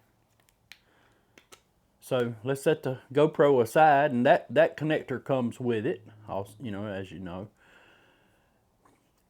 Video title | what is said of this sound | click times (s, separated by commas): New Product - Telesin Neck Mount for GoPro and Phone #telesin #gopro | Put it on, you just slap it back on there and listen for it to click. | 0.7 s